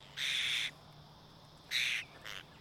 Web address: Sound Effects-Foundation. BIRD APOSTLE BIRD CALL